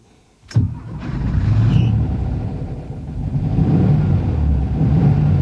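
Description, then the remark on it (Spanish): After a moment of quiet, a car engine cranks with a sharp burst and catches, settling into a steady, deep rumbling idle that swells slightly louder toward the end. “Sube al coche. Te llevo y así podremos hablar por el camino.”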